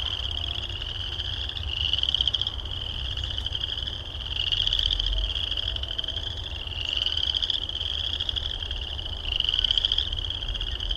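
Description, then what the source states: Frog chorus of continuous high pulsed trills, with louder bursts about every two and a half seconds over a low background hum. Recorded at Heartland Meadows.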